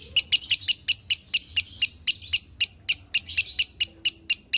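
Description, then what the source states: Lovebird chirping, sharp high notes repeated rapidly, fairly steady throughout. Used as a masteran (tutor recording) to make lovebirds sing konslet.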